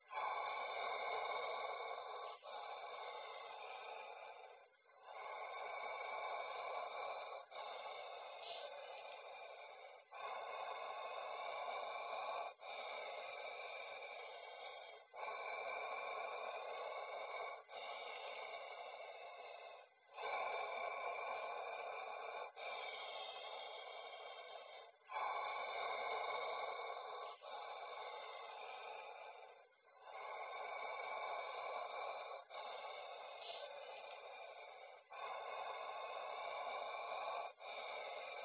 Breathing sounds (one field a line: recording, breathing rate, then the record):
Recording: paced breathing near a phone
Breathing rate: 12 breaths a minute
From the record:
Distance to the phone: 20 cm